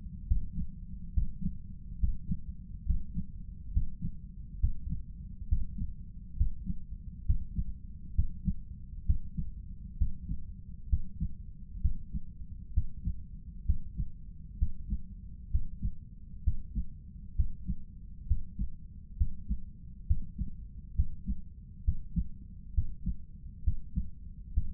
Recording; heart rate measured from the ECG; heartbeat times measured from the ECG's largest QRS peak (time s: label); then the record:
heart sounds by stethoscope; 67 bpm
0.27 s: heartbeat
1.13 s: heartbeat
1.99 s: heartbeat
2.85 s: heartbeat
3.72 s: heartbeat
4.59 s: heartbeat
5.48 s: heartbeat
6.36 s: heartbeat
7.25 s: heartbeat
8.14 s: heartbeat
9.05 s: heartbeat
9.97 s: heartbeat
10.89 s: heartbeat
11.80 s: heartbeat
12.73 s: heartbeat
13.65 s: heartbeat
14.58 s: heartbeat
15.50 s: heartbeat
16.43 s: heartbeat
17.35 s: heartbeat
18.26 s: heartbeat
19.16 s: heartbeat
20.06 s: heartbeat
20.94 s: heartbeat
21.84 s: heartbeat
22.73 s: heartbeat
23.63 s: heartbeat
24.53 s: heartbeat
From the record:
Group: healthy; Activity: breath hold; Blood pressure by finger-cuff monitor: 158/90 mmHg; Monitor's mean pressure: 107 mmHg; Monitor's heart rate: 66 bpm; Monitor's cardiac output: 6.6 L/min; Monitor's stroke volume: 101 mL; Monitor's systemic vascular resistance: 1190 dyn s/cm5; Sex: male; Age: 57 years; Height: 188 cm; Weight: 106 kg